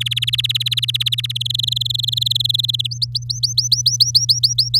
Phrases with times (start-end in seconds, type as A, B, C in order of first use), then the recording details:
0.00-1.32 A, 1.35-2.87 B, 2.91-4.79 C. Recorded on 9 May 2018 at 13:40. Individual llb16